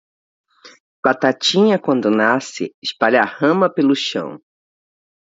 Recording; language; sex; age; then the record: short text; Brazilian Portuguese; female; 50 to 59 years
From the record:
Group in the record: control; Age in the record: 54 years